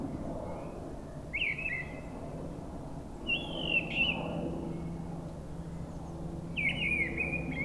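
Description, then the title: Mistle Thrush singing brief whistled phrases, three phrases spaced a few seconds apart, with low background rumble throughout. Wild bird singing high in a treetop at forest edge near Brison-Saint-Innocent, France; Sunday, grey weather, 10°C, frequent aircraft passing from a nearby airport. "Brison-Saint-Innocent, France - Grive draine"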